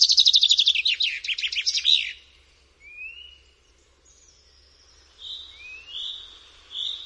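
Common chaffinch song: a rapid trill of bright notes that steps down over two seconds and ends in a short flourish, followed by soft, thin rising notes.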